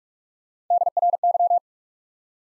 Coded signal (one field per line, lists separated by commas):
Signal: Morse code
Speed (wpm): 44 wpm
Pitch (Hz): 700 Hz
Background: none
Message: DRY